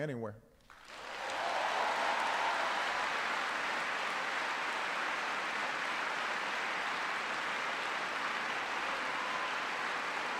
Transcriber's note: applause